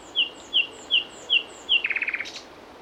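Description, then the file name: Common nightingale song: five loud piping notes about every 0.4 seconds, then a rapid rattling trill. "Luscinia megarhynchos"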